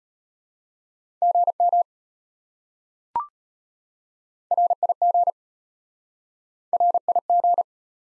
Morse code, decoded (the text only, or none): GM RIG RIG